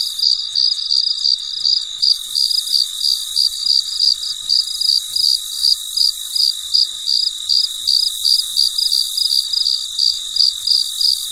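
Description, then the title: Cricket chirping: a train of short shrill pulses repeated nearly three times a second, with a constant high whine behind it. Recorded late at night, in very quiet surroundings. "深夜录制蟋蟀昆虫声"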